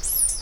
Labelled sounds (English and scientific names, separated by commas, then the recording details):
Stitchbird (Notiomystis cincta) song
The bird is a male
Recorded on Tiritiri Matangi Island, New Zealand, in 2005
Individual 10, of nest box 12